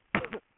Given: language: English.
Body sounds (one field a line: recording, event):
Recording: throat vibration sensor signal played as sound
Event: cough